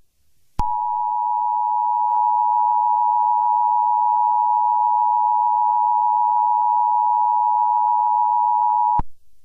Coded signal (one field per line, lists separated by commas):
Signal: Emergency Alert System (SAME) tones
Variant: 853 and 960 Hz attention tone